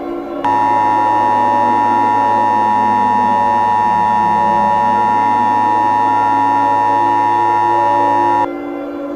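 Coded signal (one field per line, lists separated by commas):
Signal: Emergency Alert System (SAME) tones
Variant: 853 and 960 Hz attention tone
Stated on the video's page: Fictional EAS scenario containing valid EAS tones that could trigger real activations if aired.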